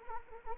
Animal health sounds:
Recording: mosquito wingbeat signal from an infrared sensor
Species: Anopheles arabiensis

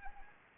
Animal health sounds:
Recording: mosquito wingbeat signal from an infrared sensor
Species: Anopheles arabiensis

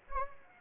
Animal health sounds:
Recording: mosquito wingbeat signal from an infrared sensor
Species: Anopheles gambiae

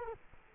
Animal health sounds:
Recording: mosquito wingbeat signal from an infrared sensor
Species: Culex quinquefasciatus

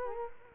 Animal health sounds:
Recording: mosquito wingbeat signal from an infrared sensor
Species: Culex quinquefasciatus

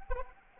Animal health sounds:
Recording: mosquito wingbeat signal from an infrared sensor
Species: Anopheles arabiensis

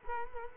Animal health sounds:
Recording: mosquito wingbeat signal from an infrared sensor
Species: Culex quinquefasciatus

